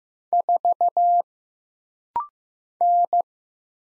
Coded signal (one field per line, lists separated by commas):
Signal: Morse code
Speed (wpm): 15 wpm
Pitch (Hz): 700 Hz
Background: none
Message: 4 N